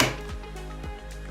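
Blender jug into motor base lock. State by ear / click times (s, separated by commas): seated / 0.0 s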